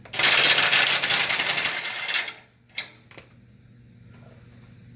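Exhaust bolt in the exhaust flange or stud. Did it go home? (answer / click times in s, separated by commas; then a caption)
no / none. A ratchet removes a bolt from the exhaust flange or stud of the factory exhaust on a 2017 Subaru WRX STI, during installation of a full turbo-back COBB exhaust. A dense, rapid ratcheting rattle runs from about 0.1 to 2.3 seconds, followed by two sharp ticks at about 2.8 and 3.2 seconds over a low steady hum. The bolt threads strip as it comes off, and nothing has seated or clicked yet.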